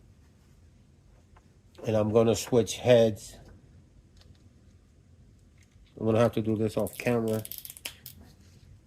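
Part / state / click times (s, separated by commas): replacement head on figure neck peg / seated / 7.9 s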